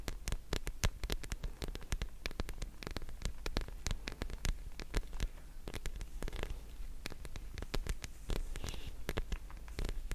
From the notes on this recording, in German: Verschiedene Trigger und inaudible whispering während einer Gesichtsmassge.